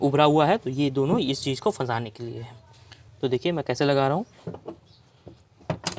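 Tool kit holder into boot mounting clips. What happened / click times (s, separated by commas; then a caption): The plastic holder clipped into its mount / 5.7 s, 5.9 s. A spare tool kit holder is fitted into the raised mounting points in the boot of an Alto 800 BS6, where its clips catch it. Someone talks for the first four seconds, then a few faint taps follow. Two sharp clicks at 5.7 and 5.9 seconds mark the holder seating in the boot mount.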